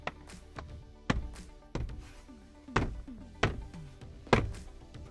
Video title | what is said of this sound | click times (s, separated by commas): How to Install CarPlay in Your Prius (and Make it Look OEM) | Pretty cool. Everything just kind of snaps into place. | 0.1 s, 1.1 s, 2.8 s, 3.4 s, 4.3 s